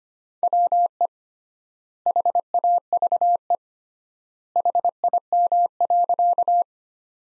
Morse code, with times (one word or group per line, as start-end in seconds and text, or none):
0.4-1.1 WE
2.1-3.5 HAVE
4.6-6.6 HIM.